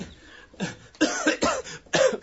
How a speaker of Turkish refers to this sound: Çok fenayım. Bir haftadır devamlı öksürüyorum. Gece demiyor, gündüz demiyor. Öksürüp duruyorum.